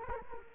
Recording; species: mosquito wingbeat signal from an infrared sensor; Culex quinquefasciatus